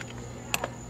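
A loosened car AC pressure switch is spun by hand off its threaded port on the refrigerant line, and it pops free with a sharp pop at 0.5 s, followed by a softer tick at 0.6 s. The switch is released from the port.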